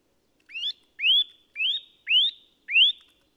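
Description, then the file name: Eurasian nuthatch calling with five upslurred whistled notes spaced about half a second apart, the first a little softer than the rest. "Sitta europaea"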